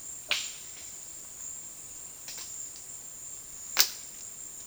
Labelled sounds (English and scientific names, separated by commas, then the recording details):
none
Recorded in dense forest near Puerto Asís, Putumayo, Colombia, on 19 February 2024 at 13:30
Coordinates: 0.466, -76.327
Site G6413